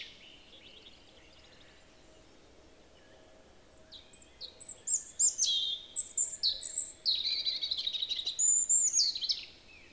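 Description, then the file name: European robin song: faint high notes at first, then from about four seconds a loud, varied sequence of quick, sweet phrases and trills. "Erithacus rubecula"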